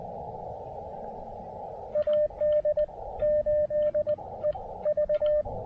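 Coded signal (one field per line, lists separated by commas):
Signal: Morse code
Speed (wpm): 19 wpm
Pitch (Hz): 590 Hz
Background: radio noise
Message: AD8EV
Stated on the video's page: QRP Parks on the Air activation using an Elecraft KX2 and Chelegance MC-750 antenna.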